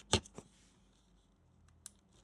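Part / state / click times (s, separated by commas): wire connector into circuit board socket / seated / 0.1 s, 1.9 s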